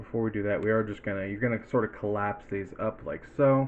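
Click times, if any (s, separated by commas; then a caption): none. Someone talks while handling the small plastic leg segments of a transforming action figure, collapsing them up before folding them inward into their ratchet joints. Nothing has seated or clicked yet; the clip ends just before the leg joint clicks into place.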